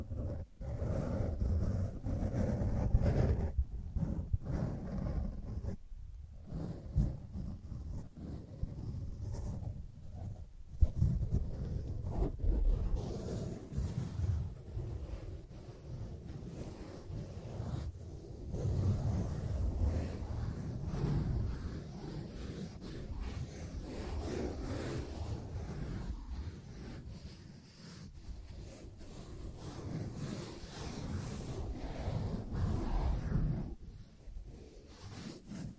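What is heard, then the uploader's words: ASMR tracing across a sensitive microphone, heard as a steady deep rumble of rubbing and brushing strokes that shift constantly. Short pauses break it near six, ten and twenty-seven seconds, and a soft airy hiss rises over the rumble in the second half. ASMR Sensitive Tracing (No Talking).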